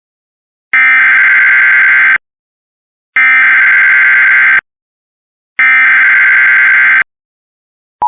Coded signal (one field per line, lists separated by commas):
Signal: Emergency Alert System (SAME) tones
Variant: header bursts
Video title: Emergency Alert System - Flash Flood Warning - 9/27/2024 7:15am